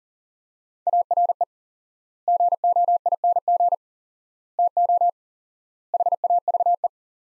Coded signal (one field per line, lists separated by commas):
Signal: Morse code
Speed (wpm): 40 wpm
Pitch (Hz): 700 Hz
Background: none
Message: ARE GOING TO HAVE